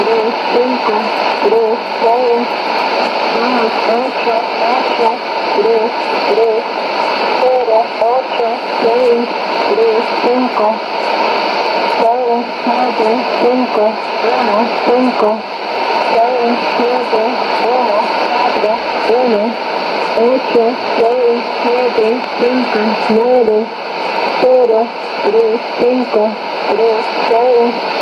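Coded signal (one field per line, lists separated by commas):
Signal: numbers station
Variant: HM01, Spanish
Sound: a voice reading single digits in Spanish, in groups, over steady radio hiss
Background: radio static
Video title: 16 12 2016 Cuban Spy Numbers HM01 in Spanish 0856 on 9240 Bejucal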